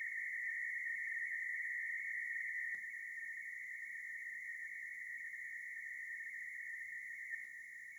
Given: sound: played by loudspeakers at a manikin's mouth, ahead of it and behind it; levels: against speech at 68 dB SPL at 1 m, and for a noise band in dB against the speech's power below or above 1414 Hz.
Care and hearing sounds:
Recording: test signals for a remote microphone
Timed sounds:
0.00-2.75 s: noise band at 2000 Hz, +10 dB
2.75-7.44 s: noise band at 2000 Hz, +5 dB
7.44-7.99 s: noise band at 2000 Hz, 0 dB
From the record:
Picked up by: remote microphone A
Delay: 47 ms

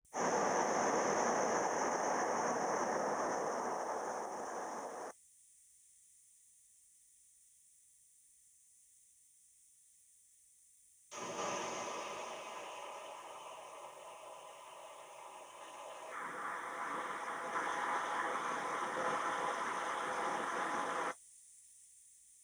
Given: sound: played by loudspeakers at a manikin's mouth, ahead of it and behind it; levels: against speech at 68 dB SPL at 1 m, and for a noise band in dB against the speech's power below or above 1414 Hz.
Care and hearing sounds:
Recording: test signals for a remote microphone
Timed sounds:
0.11-5.11 s: speech-spectrum noise from the mouth, +10 dB
11.11-16.11 s: speech-spectrum noise from ahead, +10 dB
16.11-21.11 s: speech-spectrum noise from behind, +10 dB
From the record:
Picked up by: remote microphone C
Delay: 23 ms

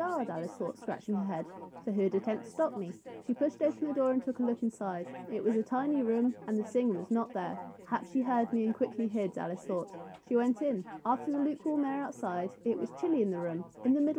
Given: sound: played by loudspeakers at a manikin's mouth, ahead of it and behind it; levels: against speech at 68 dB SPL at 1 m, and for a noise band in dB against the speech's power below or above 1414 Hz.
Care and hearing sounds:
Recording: test signals for a remote microphone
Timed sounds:
0.00-14.19 s: woman speaking, babble ahead at +6 dB SNR for speech at 1 m
From the record:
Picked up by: measurement microphone

